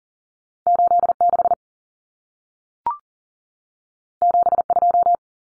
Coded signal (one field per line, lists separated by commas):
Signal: Morse code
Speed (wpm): 40 wpm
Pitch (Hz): 700 Hz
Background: none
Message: 86 72